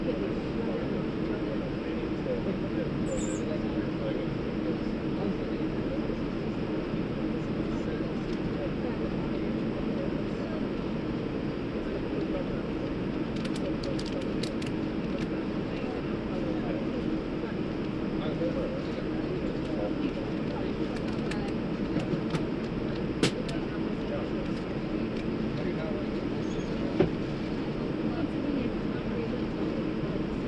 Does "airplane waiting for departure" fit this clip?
yes